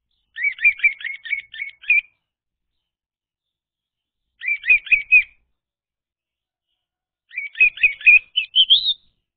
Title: Anis Merah Macet.. Pancing Dengan Suara Ini..